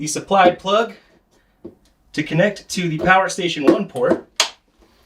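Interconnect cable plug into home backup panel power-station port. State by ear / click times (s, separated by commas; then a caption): seated / 4.4 s. Someone talks as the supplied interconnect cable plug is pushed into the power station one port on an Anker SOLIX home backup power panel for the F3800. A sharp, loud snap rings out at 4.4 s as the plug latches and is seated.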